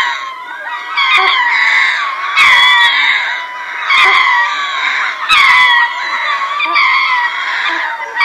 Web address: ring-tailed lemur